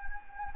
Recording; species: mosquito wingbeat signal from an infrared sensor; Anopheles gambiae